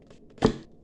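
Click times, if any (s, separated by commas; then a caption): 0.5 s. One plastic half of a mini terrarium is pressed into the other half. After a few faint ticks, a single loud snap at 0.45 s marks the halves locking together, and the terrarium is clipped into one piece.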